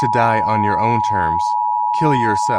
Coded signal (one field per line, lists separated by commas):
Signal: Emergency Alert System (SAME) tones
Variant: 853 and 960 Hz attention tone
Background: speech